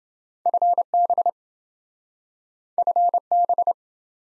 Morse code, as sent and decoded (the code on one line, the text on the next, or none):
..-. -... / ..-. -...
FB FB